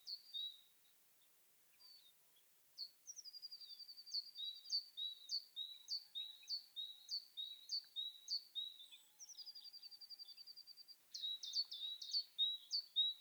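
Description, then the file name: Great tit, a few scattered notes, then a buzzy rattle leading into rapid repeated two-note phrases, another rattle, and more phrases at the end. "Parus major"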